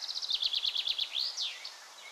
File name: June 7 2011 birds balcony clean With Thunderstorm